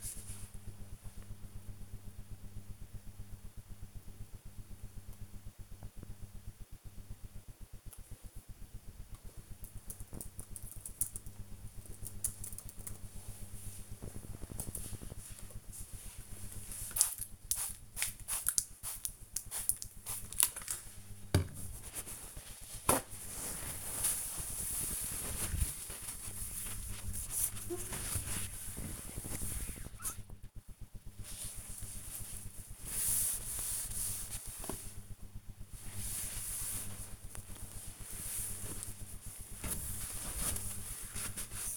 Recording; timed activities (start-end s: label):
household activities, microphone on the right wrist
14.90-41.77 s: cleaning door